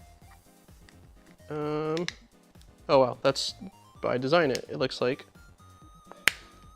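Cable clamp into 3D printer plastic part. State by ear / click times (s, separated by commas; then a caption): seated / 6.3 s. A cable clamp piece is pressed into a printed plastic part of a 3D printer while someone talks. It seats with a sharp, loud snap at 6.3 s, a very tight, snappy fit.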